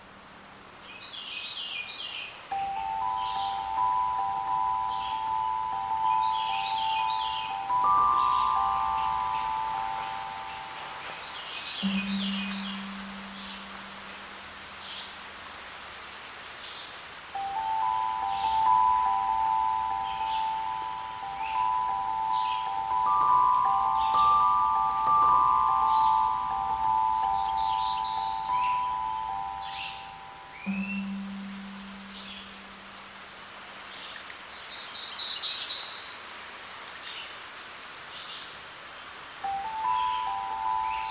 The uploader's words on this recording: Today’s Soundwalk was taken April 8th 2022 along the Palm Hammock Trail at Merritt Island NWR in Florida.